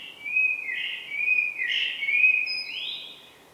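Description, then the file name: Common blackbird delivering a continuous fluting, warbled phrase with wavering pitch and a rising flourish near the end, heard against soft steady hiss. "Turdus merula"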